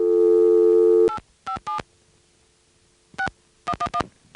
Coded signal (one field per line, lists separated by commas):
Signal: DTMF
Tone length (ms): 90 ms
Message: 857 6111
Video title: ITT Pentaconta Crossbar Switch in Asheboro NC 2nd pgm, March 1977